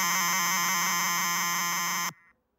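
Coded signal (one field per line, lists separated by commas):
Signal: ZX Spectrum tape loading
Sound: harsh rasping buzz of shifting square-wave tones, cutting off abruptly after two seconds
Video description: Here is a short ZX Spectrum loader image made to commemorate the man who brought a computer into many children's homes for the first time.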